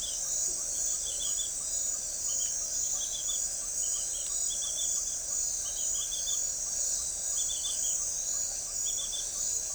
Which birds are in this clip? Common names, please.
none